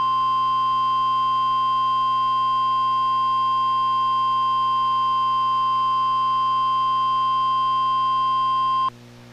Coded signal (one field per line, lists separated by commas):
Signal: Emergency Alert System (SAME) tones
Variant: 1050 Hz attention tone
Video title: EAS #1122-1124: 1 NWR and 2 EAS Required Monthly Tests- Oct. 16, 2025- 10:16AM PDT